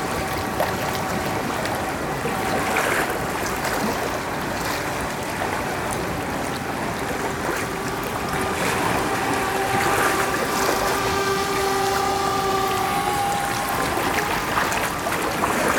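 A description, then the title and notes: Steady, dense wash of surf at Treyarnon Bay, Cornwall, with a faint rising motor-like whine drifting through the middle stretch. In August 2021 I was at Treyarnon Bay, Cornwall. Just after 7 a.m. I went down to the beach to record the sea. I was testing out the built-in microphones of my newly acquired Roland R-07.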